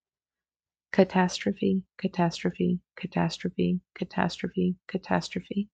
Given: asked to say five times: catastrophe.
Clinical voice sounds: repeated word; 30 to 39 years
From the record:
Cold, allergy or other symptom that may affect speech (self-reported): no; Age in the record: 32 years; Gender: other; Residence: Kansas, United States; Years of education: 15

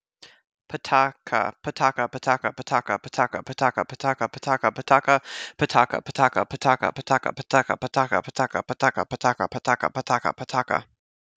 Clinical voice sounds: repeated syllables /pa ta ka/; 20 to 29 years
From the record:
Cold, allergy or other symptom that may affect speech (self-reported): no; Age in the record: 27 years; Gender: other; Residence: Iowa, United States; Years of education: 16

